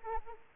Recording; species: mosquito wingbeat signal from an infrared sensor; Anopheles arabiensis